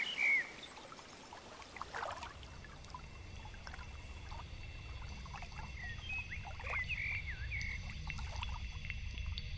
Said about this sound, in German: Und plötzlich kommt Wind auf und die Bäume beginnen zu rauschen.